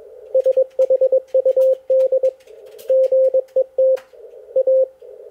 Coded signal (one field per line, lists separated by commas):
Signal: Morse code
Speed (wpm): 21 wpm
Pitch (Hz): 530 Hz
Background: none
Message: SHUD GET A